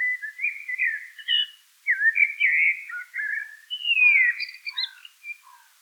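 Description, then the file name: Eurasian blackbird song: a near-continuous stream of mellow whistled phrases mixed with higher squeaky twitters. "Turdus merula"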